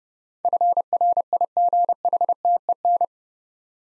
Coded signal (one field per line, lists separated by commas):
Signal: Morse code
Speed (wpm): 30 wpm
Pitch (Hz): 700 Hz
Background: none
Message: FRIGHTEN